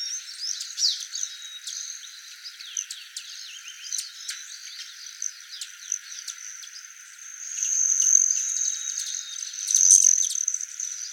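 Broad-tailed hummingbird, a high buzzy metallic trill with scattered clicks and chips, swelling louder near the end; low sounds are cut away.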